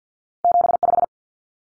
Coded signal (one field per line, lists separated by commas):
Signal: Morse code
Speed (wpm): 50 wpm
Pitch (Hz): 700 Hz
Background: none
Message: 75